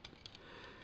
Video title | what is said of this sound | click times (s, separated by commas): Fall of Cybertron Starscream review | So if you take the cockpit, push it up, you should hear a little click, | 0.1 s, 0.3 s